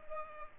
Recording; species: mosquito wingbeat signal from an infrared sensor; Culex pipiens